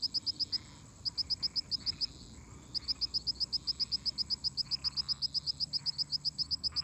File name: Grilos cantando constantemente em conjunto com sapos e ras